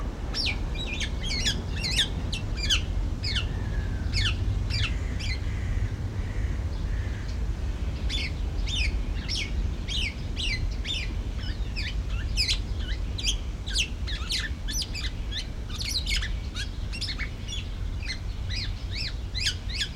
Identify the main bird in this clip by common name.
Black-naped Oriole